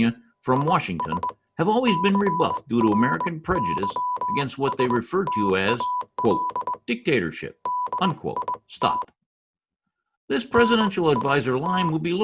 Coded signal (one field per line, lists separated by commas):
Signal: Morse code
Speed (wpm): 20 wpm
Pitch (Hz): 990 Hz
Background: speech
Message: IS CRYSTAL DIT NIT